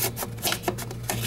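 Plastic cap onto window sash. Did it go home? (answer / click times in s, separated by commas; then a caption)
no / none. Plastic caps are placed in position on a window sash and slid along it, giving soft rubbing and scraping sounds with a steady low hum underneath and two brief bumps near 0.7 and 1.1 seconds. Nothing has seated or clicked into place yet.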